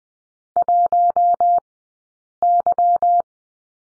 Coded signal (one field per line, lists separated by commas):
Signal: Morse code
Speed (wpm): 20 wpm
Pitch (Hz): 700 Hz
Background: none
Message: 1Y